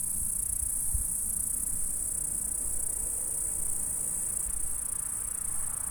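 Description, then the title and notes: Insect stridulation as a steady, shrill, unbroken buzz, with a few soft low thumps in the background. "M3XG+CF Saint-François-de-Sales, France - insectes. Stridulations dans la prairie. Enregistreur ZoomH4"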